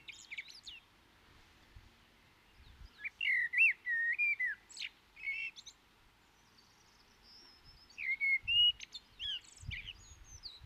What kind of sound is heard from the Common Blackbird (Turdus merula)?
song